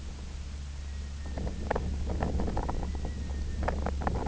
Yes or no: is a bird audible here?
yes